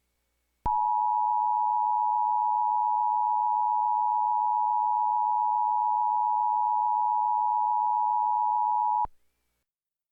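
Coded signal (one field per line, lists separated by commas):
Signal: Emergency Alert System (SAME) tones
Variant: 853 and 960 Hz attention tone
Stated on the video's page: Fictional EAS scenario.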